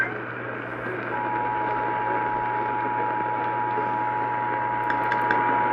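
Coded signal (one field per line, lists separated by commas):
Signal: Emergency Alert System (SAME) tones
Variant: 853 and 960 Hz attention tone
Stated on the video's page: Severe thunderstorm warning EAS alert heard on radio station KAAM 770 AM.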